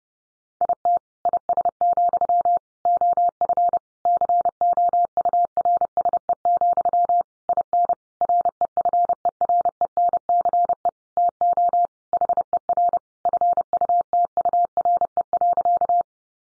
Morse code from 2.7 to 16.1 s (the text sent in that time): OF COURSE, IN REFERENCE TO HER FUTURE.